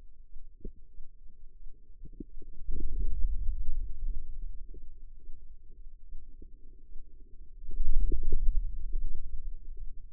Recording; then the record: forearm muscle sounds (acoustic myography)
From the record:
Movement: hand opening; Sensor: system 2, bracelet of six BSWA MPA416 microphones around the upper forearm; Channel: 6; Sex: female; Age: 25 years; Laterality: right